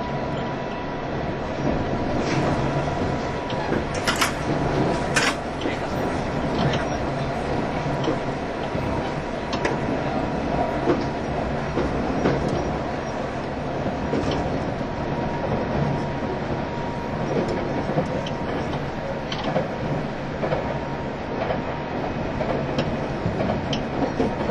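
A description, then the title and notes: A train runs steadily with a dense low rumble, a faint whine near 1 kHz, and sharp metallic clacks around four and five seconds. E351系 Sあずさ18号. 松本～新宿. 2018年で全車引退したJR東日本唯一の振り子式車両であったE351系です。 速達運用だった＂スーパーあずさ18号＂の列車走行音(静止画)です。 Train running sound.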